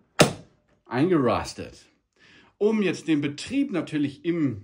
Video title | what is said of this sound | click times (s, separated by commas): Kaffeebohnen wechseln & nachfüllen KitchenAid Kaffeevollautomat KF8, KF7, KF6 Juniper Anleitung | Gut, jetzt legen wir das Ding wieder rein. Zack. Und drücken es fest. Eingerastet. | 0.2 s